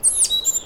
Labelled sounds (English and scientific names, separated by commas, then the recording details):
Stitchbird (Notiomystis cincta) song
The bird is a male
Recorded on Tiritiri Matangi Island, New Zealand, in 2005
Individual 1, of nest box 1